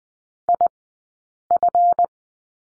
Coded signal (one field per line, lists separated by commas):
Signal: Morse code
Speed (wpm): 20 wpm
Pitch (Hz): 700 Hz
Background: none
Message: IF